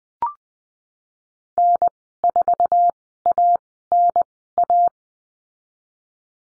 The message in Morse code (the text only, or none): N4ANA